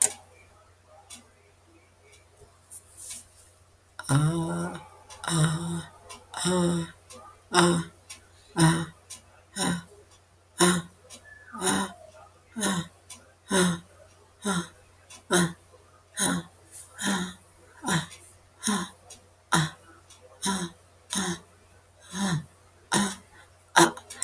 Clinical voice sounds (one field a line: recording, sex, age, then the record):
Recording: vowel held as long as possible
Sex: female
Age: 70 to 79 years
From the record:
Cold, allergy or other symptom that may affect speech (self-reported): no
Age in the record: 77 years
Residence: United States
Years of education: 12